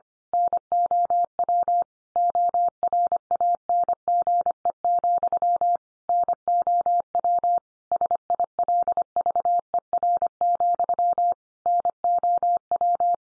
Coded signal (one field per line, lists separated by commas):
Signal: Morse code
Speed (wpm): 25 wpm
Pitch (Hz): 700 Hz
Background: none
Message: NOW ORANGE, NOW SILVER, NOW